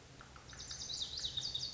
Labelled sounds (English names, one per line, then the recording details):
Lazuli Bunting
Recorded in Sonoma County, California